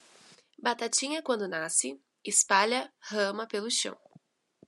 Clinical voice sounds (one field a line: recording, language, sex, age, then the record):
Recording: short text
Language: Brazilian Portuguese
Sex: female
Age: 20 to 29 years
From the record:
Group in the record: control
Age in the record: 23 years